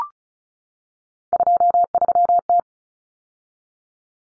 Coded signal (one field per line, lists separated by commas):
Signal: Morse code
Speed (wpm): 34 wpm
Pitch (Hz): 700 Hz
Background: none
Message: 23T